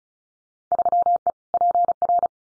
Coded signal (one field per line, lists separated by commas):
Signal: Morse code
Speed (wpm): 34 wpm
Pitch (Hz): 700 Hz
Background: none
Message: 3E PR